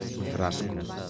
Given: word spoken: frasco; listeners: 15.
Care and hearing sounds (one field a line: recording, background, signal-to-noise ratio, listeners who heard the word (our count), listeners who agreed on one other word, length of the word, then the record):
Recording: one Spanish word in noise, from a listening test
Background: eight-talker babble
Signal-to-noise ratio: -0.1 dB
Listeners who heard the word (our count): 1 of 15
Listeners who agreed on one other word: 6 of 15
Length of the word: 0.70 s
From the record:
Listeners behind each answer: 6, 2, 1, 1, 1, 1, 1, 1, 1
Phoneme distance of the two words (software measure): 7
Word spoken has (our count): 2 syllables, 6 phonemes, stress on syllable 1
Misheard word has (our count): 2 syllables, 7 phonemes, stress on syllable 1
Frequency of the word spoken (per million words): 6.68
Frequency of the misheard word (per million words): 4.32